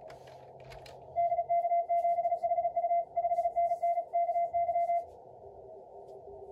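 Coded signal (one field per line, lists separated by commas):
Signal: Morse code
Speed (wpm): 36 wpm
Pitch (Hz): 690 Hz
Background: radio noise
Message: DK7HU 5NN KY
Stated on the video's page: MorseRunner contest simulator software running the ARRL DX contest.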